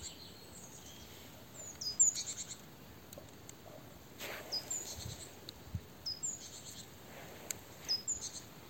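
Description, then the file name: Great tit calls: thin, high, short down-slurred notes, scattered over a steady background hiss. "Parus major"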